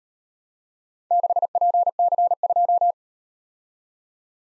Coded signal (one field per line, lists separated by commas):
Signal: Morse code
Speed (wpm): 38 wpm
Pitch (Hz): 700 Hz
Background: none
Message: 6PC2